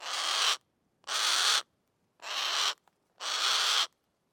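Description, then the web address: Harris's hawk uttering four harsh screeching squawks, each roughly half a second, with short silent gaps between them. Harsh squawk and shriek calls from an individual named Heniek, recorded with a Schoeps microphone. "Soundmind - Predatory Birds. Harris Hawk (Heniek)"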